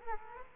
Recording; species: mosquito wingbeat signal from an infrared sensor; Culex quinquefasciatus